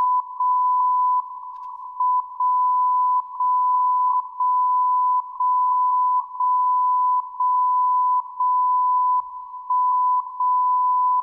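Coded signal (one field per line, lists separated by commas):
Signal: radio time signal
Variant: WWVB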